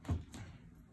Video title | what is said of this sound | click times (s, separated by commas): How To V Steam Using Magic V Steam Portable Vaginal Spa | and you'll hear it lock when I twist it. It's | 0.3 s